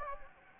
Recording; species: mosquito wingbeat signal from an infrared sensor; Anopheles gambiae